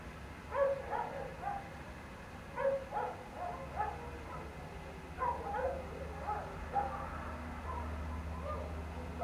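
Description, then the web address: Canines give clusters of sharp yips and short howls in several separate bursts, over a steady low rumble. Pack of canines howling outdoors late at night in cold winter air, alongside a man-made water fountain. "Omar Alvarado - Minimal ambiences ambience outdoors late night, cold winter air, pack of canine howling into the night and man made water fountain. Sonniss"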